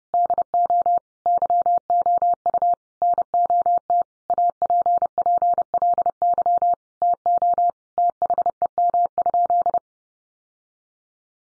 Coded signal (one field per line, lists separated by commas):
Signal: Morse code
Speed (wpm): 28 wpm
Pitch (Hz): 700 Hz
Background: none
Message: DO YOU NOT APPLY TO THEM?